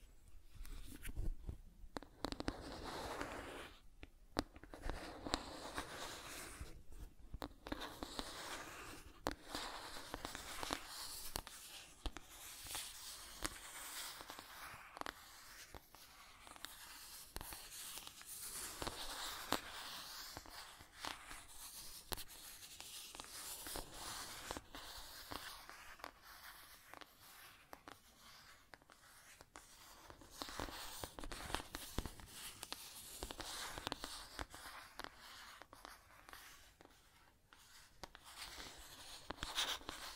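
Scratching and tracing sounds run through the whole forty seconds, a dense, rough scraping that sits mostly in the middle and upper range. Short sharp ticks and brief pauses break it up irregularly, with strokes swelling and fading every second or two.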